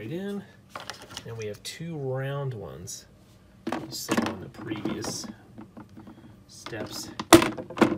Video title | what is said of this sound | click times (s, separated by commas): Assembling The Little Tikes First Fridge | just gonna snap those in they just push in | 7.4 s, 7.8 s